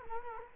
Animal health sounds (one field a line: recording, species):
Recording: mosquito wingbeat signal from an infrared sensor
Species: Culex quinquefasciatus